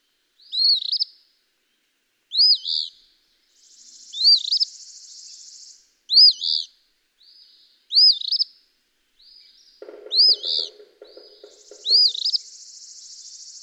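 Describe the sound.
Eastern phoebe song, repeated burry two-note phrases roughly every two seconds, seven in all, with buzzy trills in the gaps and a brief low pulsing chatter late on.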